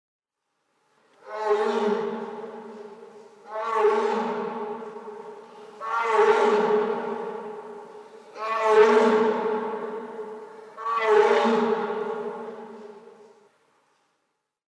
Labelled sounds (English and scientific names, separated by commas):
Tiger (Panthera tigris)